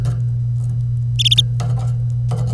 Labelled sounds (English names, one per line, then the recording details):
Domestic Canary song
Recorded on 25 April 2018 at 08:05
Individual llb3